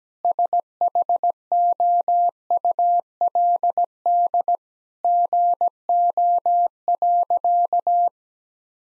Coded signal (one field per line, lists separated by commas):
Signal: Morse code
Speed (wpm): 17 wpm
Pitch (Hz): 700 Hz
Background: none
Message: SHOULD GO.